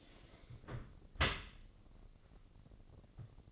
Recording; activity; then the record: daily activity, microphone in the room; close dishwasher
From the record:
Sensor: 4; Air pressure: 1013.2 hPa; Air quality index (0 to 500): 173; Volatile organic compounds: 2 ppm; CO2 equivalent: 1092 ppm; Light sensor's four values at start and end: 74/184/76/78 and 73/182/75/77